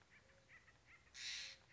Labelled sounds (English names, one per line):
Acorn Woodpecker